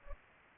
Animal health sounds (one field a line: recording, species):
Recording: mosquito wingbeat signal from an infrared sensor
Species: Culex pipiens